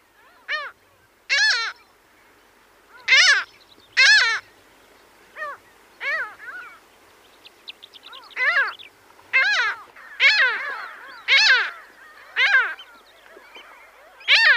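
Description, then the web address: Mediterranean gull calls: short nasal notes that rise then fall, given at irregular intervals, some overlapping. "Schulze Peter Mediterranean Gull"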